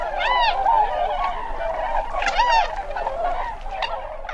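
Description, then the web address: Tundra swans giving a constant babble of mellow whooping calls, with a few louder, clearer honks standing out above the massed flock. "Songs of Birds of North America Stokes. Tundra Swan"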